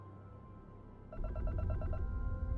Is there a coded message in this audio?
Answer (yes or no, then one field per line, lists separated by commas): no